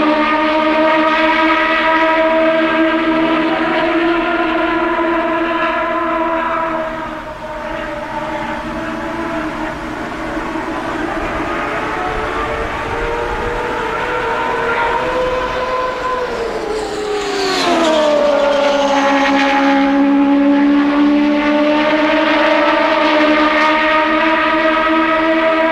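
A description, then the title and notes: Race car engines drone steadily around an oval in a loud, continuous roar with a strong tonal whine. The pitch eases down, climbs around the fifteen-second mark, then drops sharply near seventeen seconds as a car sweeps past, before the engine noise settles again. Pre-season testing for CART IndyCar Series teams at the one-mile Phoenix International Raceway oval where the glorious 2.65-liter turbocharged V8 engines rage. Cars from the Toyota Atlantic Championship and Indy Lights take turns lapping the daunting bullring.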